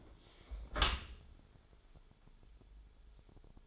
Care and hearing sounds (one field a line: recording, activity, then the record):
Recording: daily activity, microphone in the room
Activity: close dishwasher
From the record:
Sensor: 5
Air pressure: 1015.1 hPa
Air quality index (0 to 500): 146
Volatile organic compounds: 4 ppm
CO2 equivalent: 1574 ppm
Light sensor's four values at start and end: 38/91/37/39 and 38/91/37/39